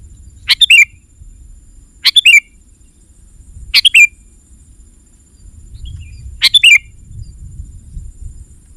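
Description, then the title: Sooty-headed bulbul calls: four short, bright phrases spaced roughly one and a half to three seconds apart over a quiet background. "kutilang"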